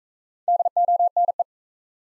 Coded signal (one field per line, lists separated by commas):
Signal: Morse code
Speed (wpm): 40 wpm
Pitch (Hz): 700 Hz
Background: none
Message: DONE